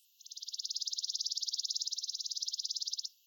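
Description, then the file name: Chipping sparrow trill: an even, rapid run of many identical high chips lasting about three seconds, with no other sounds. "Spizella passerina vocalizations"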